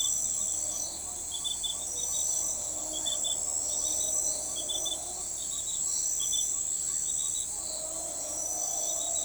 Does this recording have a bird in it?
no